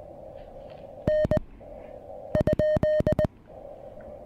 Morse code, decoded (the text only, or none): N ?